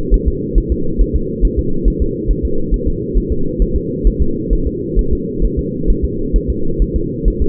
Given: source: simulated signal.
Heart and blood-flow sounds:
fetal heart sounds
0.14 s: S1
0.28 s: S2
0.58 s: S1
0.72 s: S2
1.01 s: S1
1.16 s: S2
1.45 s: S1
1.59 s: S2
1.88 s: S1
2.02 s: S2
2.31 s: S1
2.45 s: S2
2.74 s: S1
2.88 s: S2
3.18 s: S1
3.32 s: S2
3.62 s: S1
3.76 s: S2
4.07 s: S1
4.22 s: S2
4.53 s: S1
4.67 s: S2
4.99 s: S1
5.13 s: S2
5.45 s: S1
5.59 s: S2
5.90 s: S1
6.05 s: S2
6.36 s: S1
6.50 s: S2
6.82 s: S1
6.96 s: S2
7.28 s: S1
7.42 s: S2
From the record:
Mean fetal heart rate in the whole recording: 135 bpm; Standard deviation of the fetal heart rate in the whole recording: 3 bpm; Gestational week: 36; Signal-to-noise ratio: -8.1 dB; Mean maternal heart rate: 72 bpm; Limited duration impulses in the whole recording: present

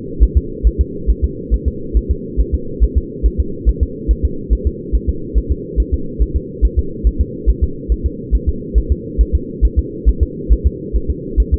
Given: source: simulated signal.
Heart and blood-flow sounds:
fetal heart sounds
0.23 s: S1
0.37 s: S2
0.67 s: S1
0.81 s: S2
1.10 s: S1
1.24 s: S2
1.54 s: S1
1.68 s: S2
1.97 s: S1
2.11 s: S2
2.41 s: S1
2.55 s: S2
2.84 s: S1
2.97 s: S2
3.26 s: S1
3.40 s: S2
3.69 s: S1
3.83 s: S2
4.11 s: S1
4.25 s: S2
4.53 s: S1
4.67 s: S2
4.95 s: S1
5.09 s: S2
5.38 s: S1
5.52 s: S2
5.80 s: S1
5.94 s: S2
6.22 s: S1
6.36 s: S2
6.65 s: S1
6.79 s: S2
7.07 s: S1
7.21 s: S2
7.50 s: S1
7.64 s: S2
7.92 s: S1
8.06 s: S2
8.35 s: S1
8.49 s: S2
8.78 s: S1
8.92 s: S2
9.21 s: S1
9.35 s: S2
9.65 s: S1
9.79 s: S2
10.09 s: S1
10.23 s: S2
10.53 s: S1
10.67 s: S2
10.96 s: S1
11.10 s: S2
11.40 s: S1
11.54 s: S2
From the record:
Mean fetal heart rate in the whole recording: 140 bpm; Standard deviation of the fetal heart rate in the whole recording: 2 bpm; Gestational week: 34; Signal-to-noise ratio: -4.3 dB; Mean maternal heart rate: 72 bpm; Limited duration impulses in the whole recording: absent

